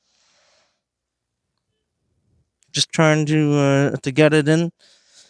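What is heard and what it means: A white plastic replacement right-rear ABS wheel speed sensor wiring harness connector on a 2010 Toyota Corolla 1.8 is being pushed toward its mating connector at the rear of the car. Near-silence gives way to a brief faint tap at about 2.6 s, followed by someone talking. Nothing has seated or clicked yet.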